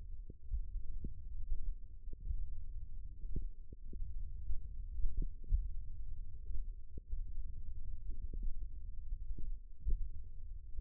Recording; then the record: forearm muscle sounds (acoustic myography)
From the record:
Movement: finger pinch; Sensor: system 1, eight BSWA MPA416 microphones around the upper forearm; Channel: 7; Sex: male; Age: 20 years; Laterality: left